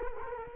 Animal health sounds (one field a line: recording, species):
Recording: mosquito wingbeat signal from an infrared sensor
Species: Culex quinquefasciatus